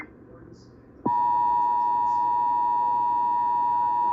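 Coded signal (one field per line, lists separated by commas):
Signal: Emergency Alert System (SAME) tones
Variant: 853 and 960 Hz attention tone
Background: speech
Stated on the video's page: Severe thunderstorm warning broadcast on an AM station at 820 kHz.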